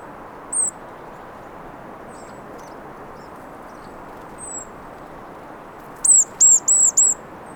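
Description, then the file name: Marsh tit calling: a few thin high notes, then a quick run of four arched, very high chips near the end over a steady low rumble of background noise. "Poecile palustris"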